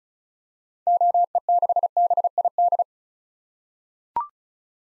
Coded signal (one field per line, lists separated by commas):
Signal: Morse code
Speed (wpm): 36 wpm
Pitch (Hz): 700 Hz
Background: none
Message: OE6BID